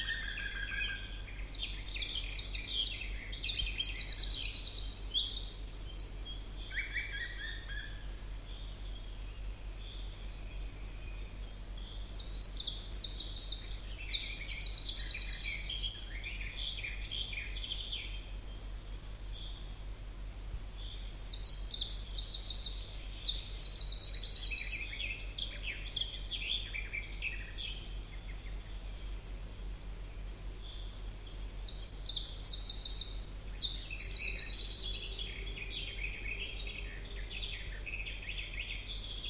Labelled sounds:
Eurasian Wren (Troglodytes troglodytes)

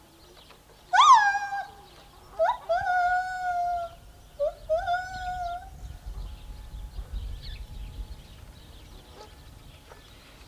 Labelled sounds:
Lar Gibbon (Hylobates lar) song

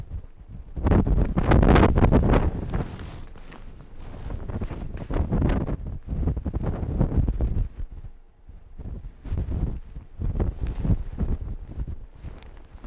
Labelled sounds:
Arctic Fox (Vulpes lagopus)

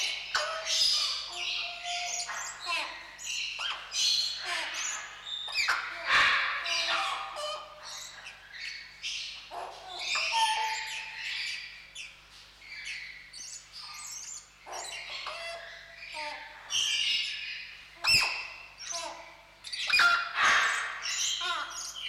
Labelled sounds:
Eclectus Parrot (Eclectus roratus) call

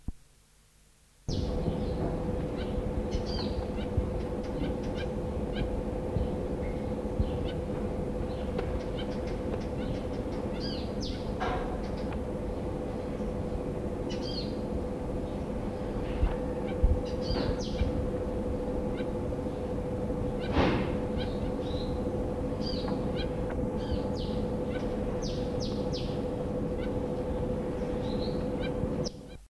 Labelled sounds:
Double-barred Finch (Taeniopygia bichenovii) call

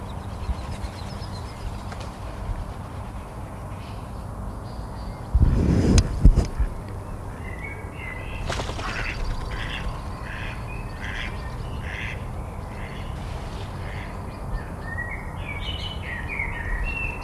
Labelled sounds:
Mallard (Anas platyrhynchos)

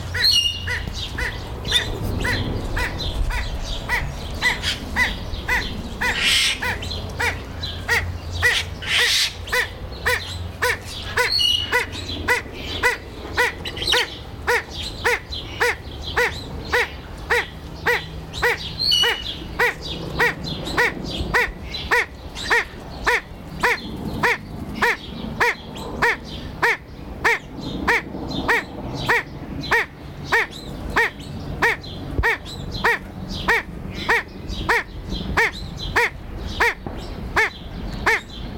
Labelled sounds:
Crested Myna (Acridotheres cristatellus)

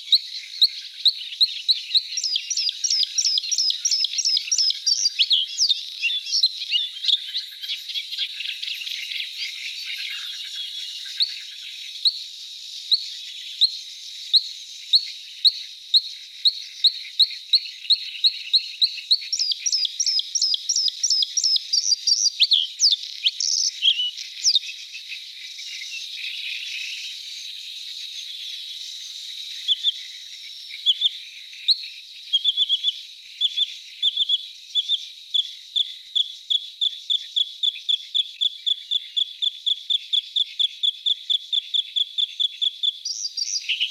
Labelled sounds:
Bluethroat (Luscinia svecica) song

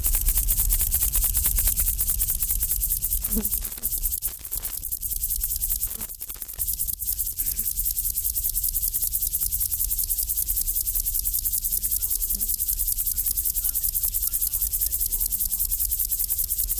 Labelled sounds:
Upland Field Grasshopper (Chorthippus apricarius)

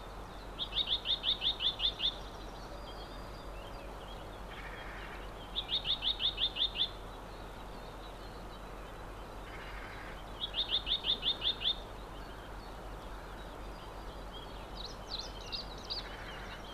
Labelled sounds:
Common Whitethroat (Sylvia communis) song

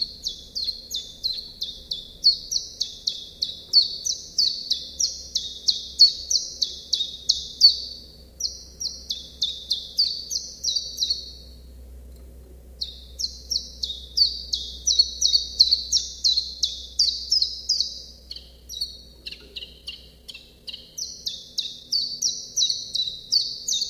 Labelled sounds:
Common Chiffchaff (Phylloscopus collybita) song

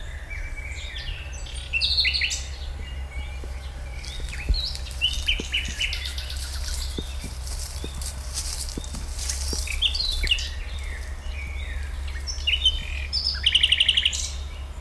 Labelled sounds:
Common Nightingale (Luscinia megarhynchos)

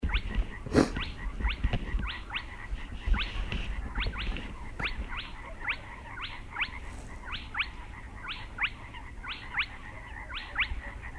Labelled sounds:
Spotted Crake (Porzana porzana)

